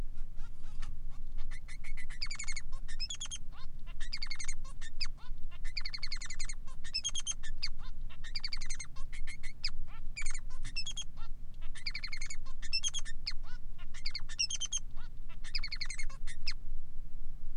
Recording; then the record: song of a male Bengalese finch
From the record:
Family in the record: son of father 3